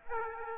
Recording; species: mosquito wingbeat signal from an infrared sensor; Aedes aegypti